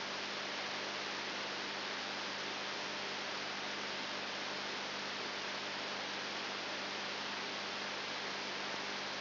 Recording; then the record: brain microelectrode recording played as sound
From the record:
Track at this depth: outside the subthalamic nucleus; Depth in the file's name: 7.499 mm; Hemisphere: left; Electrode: 3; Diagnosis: Parkinson's disease